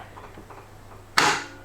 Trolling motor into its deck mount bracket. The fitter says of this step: not gonna move it's locked in